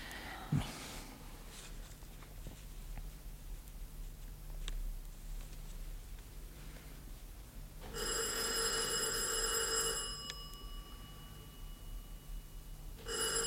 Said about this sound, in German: Donnerwetter, was der Kerl für einen Lärm macht. Am Ende hat er schon früh geläutet und wir haben es gar nicht gemerkt.